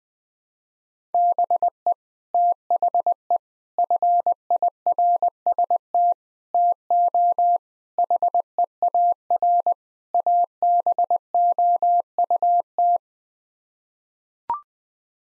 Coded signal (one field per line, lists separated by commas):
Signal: Morse code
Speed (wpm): 20 wpm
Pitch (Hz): 700 Hz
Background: none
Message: BE THE FIRST TO HEAR ABOUT